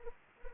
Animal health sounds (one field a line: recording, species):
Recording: mosquito wingbeat signal from an infrared sensor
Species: Anopheles arabiensis